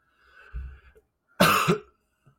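A soft throat sound, then one loud, harsh, double-pulsed cough from an adult; slightly rough-sounding.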